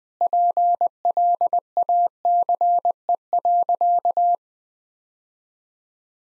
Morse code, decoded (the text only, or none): PLACE.